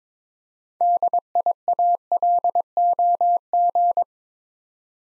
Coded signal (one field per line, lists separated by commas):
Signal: Morse code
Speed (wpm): 23 wpm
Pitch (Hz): 700 Hz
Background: none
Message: DIALOG